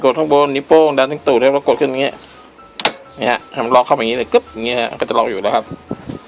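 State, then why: Not seated. An HP inkjet ink cartridge is being handled for pushing up into the printer carriage so it locks in, while someone talks throughout. Two faint, sharp hits sound at about 2.8 s and 2.9 s in a pause in the talking. The cartridge has not seated or locked yet.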